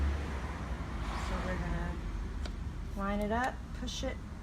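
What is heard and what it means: Someone talks while lining up a spray lance with a Tagorine pressure washer spray gun and pushing it in for a quarter-turn fit, over a steady low background hum. A brief sharp tap is heard at about 2.5 seconds. Nothing has seated or clicked yet.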